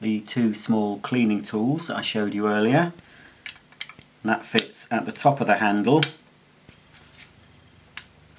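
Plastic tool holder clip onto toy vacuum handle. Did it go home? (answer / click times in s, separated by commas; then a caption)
yes / 8.0 s. Someone talks for the first six seconds while fitting a plastic accessory holder, which holds two small cleaning tools, onto the top of the handle of a Casdon Dyson DC22 toy cylinder vacuum cleaner, with a few faint handling taps around 3.5–4.0 s. The holder is turned until a single sharp click at 8.0 s seats it in position on the handle.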